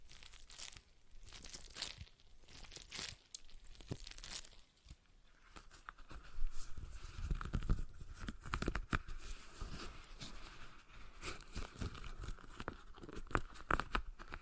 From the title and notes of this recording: ASMR Relaxing Stress Ball Sounds (No Talking).